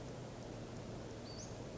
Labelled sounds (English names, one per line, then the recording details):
Western Flycatcher
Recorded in Sonoma County, California